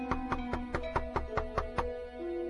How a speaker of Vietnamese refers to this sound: Tiếng gõ cửa rất đều đặn.